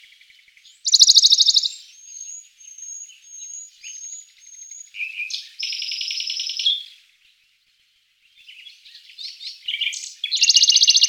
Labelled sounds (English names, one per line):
Western Bonelli's Warbler song